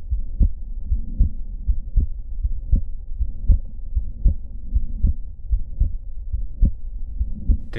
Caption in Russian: Блокада правой ножки пучка ГИСа, что должно дать широкое персистирующее расщепление второго тона. Тон едва заметно расщепляется на вдохе. Пульмональная точка – акцент пульмонального компонента второго тона. Высокочастотный систолический шум трикуспидальной недостаточности.